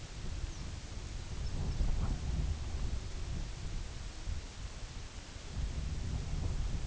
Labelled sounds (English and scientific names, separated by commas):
Lapland Longspur (Calcarius lapponicus), unidentified sound